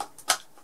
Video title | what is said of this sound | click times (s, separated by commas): 50th Video, the last year and future/NSDV#50 | clicks into place this will click together that's you think a lock so | 0.3 s